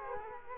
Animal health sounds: mosquito wingbeat signal from an infrared sensor; Culex quinquefasciatus

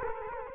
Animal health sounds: mosquito wingbeat signal from an infrared sensor; Culex quinquefasciatus

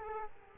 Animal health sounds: mosquito wingbeat signal from an infrared sensor; Culex quinquefasciatus

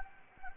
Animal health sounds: mosquito wingbeat signal from an infrared sensor; Anopheles gambiae

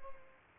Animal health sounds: mosquito wingbeat signal from an infrared sensor; Aedes aegypti

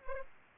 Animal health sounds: mosquito wingbeat signal from an infrared sensor; Aedes aegypti

